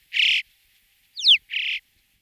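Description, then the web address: Bird giving two short buzzy, harsh notes separated by a quick descending chirped note, with a silent background. "Ptaki wieszczek"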